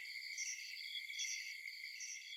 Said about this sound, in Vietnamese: Kể từ đó, không gian xung quanh lại trở về trạng thái tĩnh lặng vốn có của nó. Chỉ có tiếng côn trùng ở ngoài vườn kêu râm ran lên từng đợt.